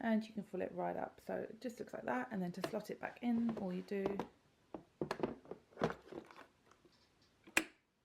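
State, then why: Seated. Someone talks while folding up a part of a steam generator iron, a high-pressure boiler model, and slotting it back into its boiler base. A few soft handling knocks follow, then a single sharp, loud click at 7.6 s as the folded part seats in its slot.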